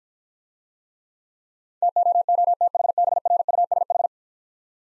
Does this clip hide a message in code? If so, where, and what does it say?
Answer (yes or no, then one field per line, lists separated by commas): yes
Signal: Morse code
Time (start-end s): 1.8-4.1 s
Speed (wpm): 50 wpm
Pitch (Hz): 700 Hz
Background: none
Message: TOOTHBRUSH